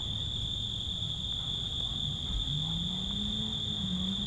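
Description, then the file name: Insects droning in a steady, unbroken high-pitched whine over low rumble, with a low tone rising in pitch during the second half. Loud insects in nature, recorded on Zakynthos. "szunyogeshangosrovarok emberesmotorizacio zakynthos"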